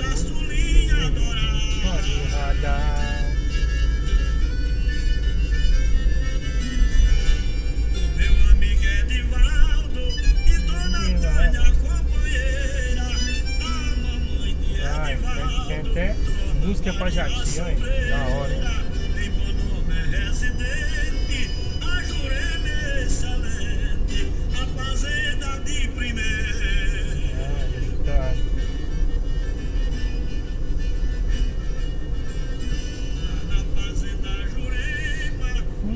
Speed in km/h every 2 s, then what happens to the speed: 47, 44, 43, 44, 46, 46, 51, 55, 59, 63, 62, 60, 60, 59, 56, 56, 56, 55.
0-10 steady at about 44. 10-18 speeds up to 63. 18-27 slows to 56. 27-36 steady at about 56.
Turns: none.